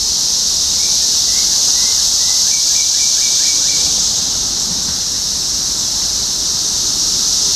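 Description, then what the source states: Cicadas droning in a steady, loud, high-pitched hiss throughout, with a soft bird's chirped notes repeated over the first half. Topeka, Kansas, 14 June 2015.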